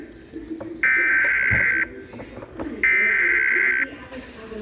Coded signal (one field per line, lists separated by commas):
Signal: Emergency Alert System (SAME) tones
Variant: header bursts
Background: speech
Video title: EAS #19 Flash Flood Warning